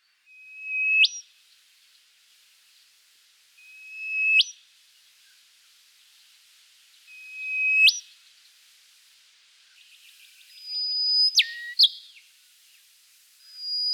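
Rufous whistler song: a steady whistle swept sharply upward into a whip-like note, repeated about every three and a half seconds, then a busier tangle of whistles.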